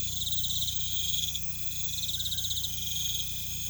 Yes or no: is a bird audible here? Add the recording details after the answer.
no. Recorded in pastures near Puerto Asís, Putumayo, Colombia, on 16 December 2024 at 21:00. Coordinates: 0.472, -76.331. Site GP02